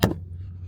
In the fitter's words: And you should hear a pop or click